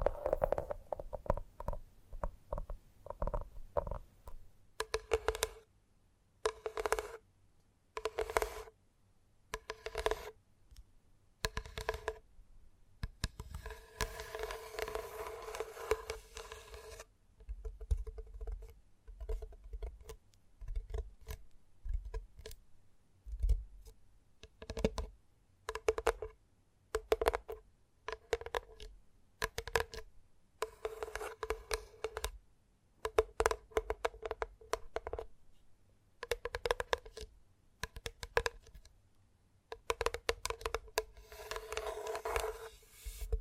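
Gentle tapping in irregular bursts of quick, soft taps with a hollow knocking tone, separated by short silences throughout, with faint low rumbling underneath.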